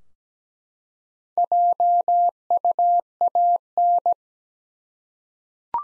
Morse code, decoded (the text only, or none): JUAN